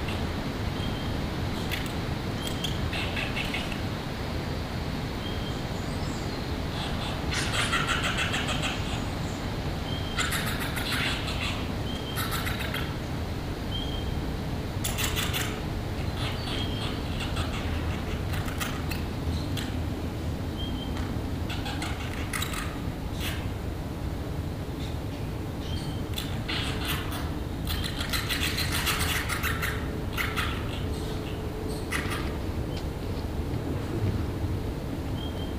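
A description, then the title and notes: Micro bats inside the disused Dularcha Rail Tunnel, heard as irregular bursts of bright, rapid clicking and chittering that come and go every few seconds, busiest around the middle and near the end. A steady low rumble runs underneath the whole time. On a Zoom F3 with an Audio Technica BP4025 stereo microphone. Micro bat (large footed myotis bat) sounds and voice reflections from inside the disused (since 1932) Dularcha Rail Tunnel, Mooloolah, Queensland, Australia.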